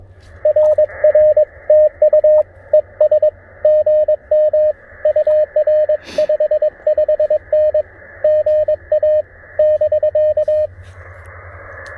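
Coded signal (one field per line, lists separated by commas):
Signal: Morse code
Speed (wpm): 22 wpm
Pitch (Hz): 610 Hz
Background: radio noise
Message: RR TU ES GM UR55N GA <BK>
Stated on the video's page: QRP CW for a park (POTA) activation, TR-45L radio, MC-750 antenna, sent with a bug emulator and paddle.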